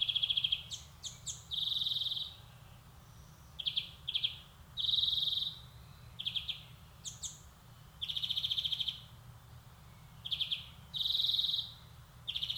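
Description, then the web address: European greenfinch singing a string of rapid high trills and short twitters, broken by brief pauses and a few sharp notes. "SETE data Chloris chloris"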